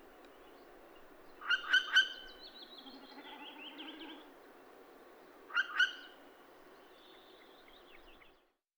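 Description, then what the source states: Northern hawk-owl giving rapid vit-vit-vit notes, a burst of three then a pair about four seconds later, with soft high twittering from other birds between. Adult bird giving vit-vit-vit calls.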